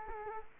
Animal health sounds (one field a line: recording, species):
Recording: mosquito wingbeat signal from an infrared sensor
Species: Culex quinquefasciatus